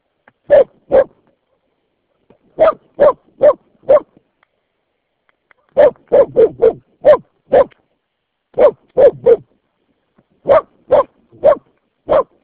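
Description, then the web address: Dog giving bursts of quick barks in short groups separated by short pauses, over near silence. Dog named Santra. "Santra. koirat"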